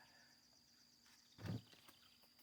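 A new oil drain plug gasket is lined up on the drain plug of a 2013 Grand Caravan before being pressed into place. Only faint handling noises are heard, with a brief louder rustle around 1.4 to 1.6 seconds. The gasket has not seated or clicked yet.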